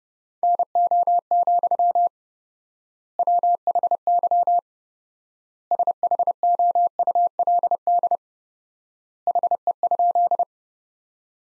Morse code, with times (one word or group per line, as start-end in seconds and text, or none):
0.4-2.1 NO,
3.2-4.6 WHY
5.7-8.2 SHOULD
9.3-10.4 HE?